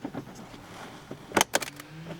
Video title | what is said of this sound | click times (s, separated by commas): 2021 Honda Ridgeline - Change Cabin Air Filter | So that clicked back in. | 1.4 s, 1.5 s